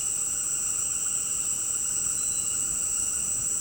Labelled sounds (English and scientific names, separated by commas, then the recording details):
none
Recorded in dense forest near Puerto Asís, Putumayo, Colombia, on 21 February 2024 at 18:30
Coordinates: 0.486, -76.316
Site G6437